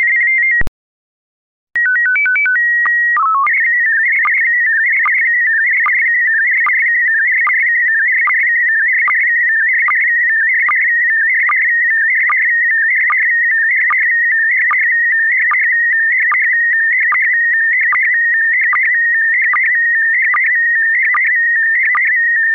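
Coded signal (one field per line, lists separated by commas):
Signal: SSTV (slow-scan television)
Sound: quick rising beeps, a long steady tone, short chirps, then continuous warbling tone with regular ticks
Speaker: We bring you experiments with Slow Scan TV images, mostly photos, and also several kinds of data transmission using Fldigi. We have a show sending some data, mostly SSTV images.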